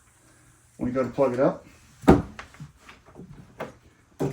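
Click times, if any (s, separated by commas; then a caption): 3.6 s. Someone talks, then the connection cable plug is slid into the port on a Bluetti B300K expansion battery or power station with the lock switch set to unlocked. Short handling and plastic sounds follow, and the connector clicks into place at 3.6 s, showing it is seated.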